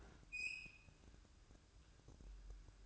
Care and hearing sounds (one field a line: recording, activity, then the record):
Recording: daily activity, microphone in the room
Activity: open fridge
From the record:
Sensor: 2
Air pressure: 1007.6 hPa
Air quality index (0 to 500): 53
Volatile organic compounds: 1 ppm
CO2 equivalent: 576 ppm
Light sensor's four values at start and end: 9/22/9/10 and 9/22/9/10